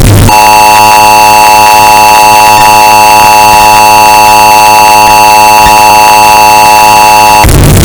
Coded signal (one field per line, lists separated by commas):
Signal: Emergency Alert System (SAME) tones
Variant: 853 and 960 Hz attention tone